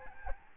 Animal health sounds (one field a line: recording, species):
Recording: mosquito wingbeat signal from an infrared sensor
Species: Aedes albopictus